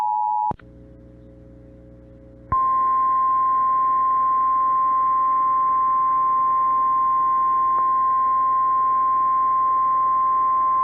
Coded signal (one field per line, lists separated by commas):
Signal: Emergency Alert System (SAME) tones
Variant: 853 and 960 Hz attention tone